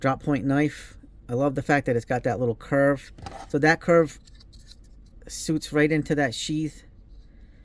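Someone talks while handling an Ozark Trail fixed-blade drop point knife, whose small curve is meant to fit into its molded plastic sheath. Between phrases, there are faint short handling sounds around 4.7 s and 5.1 s. The knife has not yet snapped into the sheath, and nothing has seated or clicked yet.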